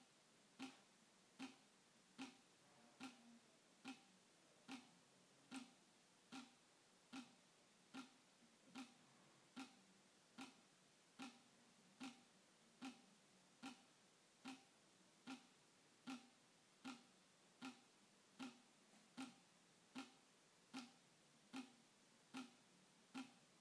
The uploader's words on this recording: ASMR Water Dripping onto Plastic.